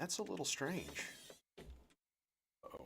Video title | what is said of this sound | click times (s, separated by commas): Eurorack modular - New module installation and testing! Blaknblu Tria and Duo and the MCO mk2. | Oh, I just stripped that out. | 2.7 s